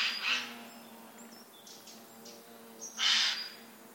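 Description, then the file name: Eurasian jay giving two harsh, rasping screeches about three seconds apart, with thin high chirps of small birds in the background. "Garrulus glandarius"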